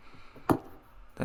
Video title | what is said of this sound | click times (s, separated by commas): How to install a Moen faucet | and again you just make sure it's in the right way up and then press it until it clicks | 0.5 s